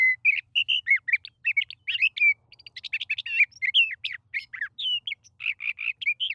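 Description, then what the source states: Sage thrasher in continuous song, a fast jumble of whistled, buzzy and scratchy notes, each brief and varied, pouring out in a steady stream. Male still singing at length; his continued singing serves to keep his territory intact.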